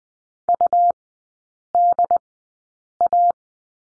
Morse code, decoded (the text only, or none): UDA